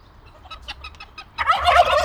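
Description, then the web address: Turkey gobble bursting in after over a second of faint, soft calls. Farmyard of a zoo in Nyíregyháza, Hungary, 2010. "allathangok nyiregyhazizoo 2010 standardt parasztudvar pulyka gyongytyukhatter"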